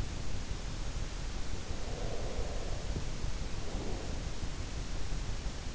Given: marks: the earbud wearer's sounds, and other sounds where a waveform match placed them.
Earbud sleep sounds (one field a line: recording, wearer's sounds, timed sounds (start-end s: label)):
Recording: sounds in sleep by an in-ear microphone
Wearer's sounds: breath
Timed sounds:
1.63-4.48 s: breath